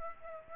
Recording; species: mosquito wingbeat signal from an infrared sensor; Aedes aegypti